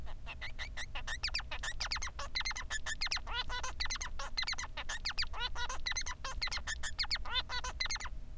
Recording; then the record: song of a male Bengalese finch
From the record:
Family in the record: son of father 3